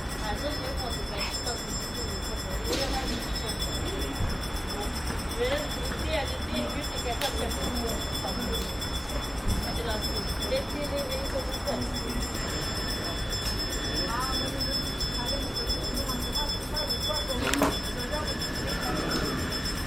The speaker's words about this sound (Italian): Attenzione, treno in transito al binario 1. Allontanarsi dalla linea calda.